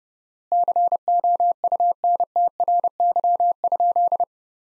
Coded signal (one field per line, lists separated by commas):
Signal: Morse code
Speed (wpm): 32 wpm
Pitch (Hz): 700 Hz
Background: none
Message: COUNTRY?